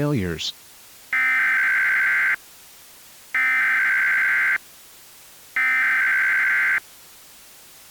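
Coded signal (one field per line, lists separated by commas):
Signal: Emergency Alert System (SAME) tones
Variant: header bursts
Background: speech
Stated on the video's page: Fictional EAS scenario.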